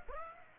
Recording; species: mosquito wingbeat signal from an infrared sensor; Aedes aegypti